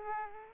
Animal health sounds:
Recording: mosquito wingbeat signal from an infrared sensor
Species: Aedes aegypti

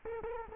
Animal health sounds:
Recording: mosquito wingbeat signal from an infrared sensor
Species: Culex quinquefasciatus

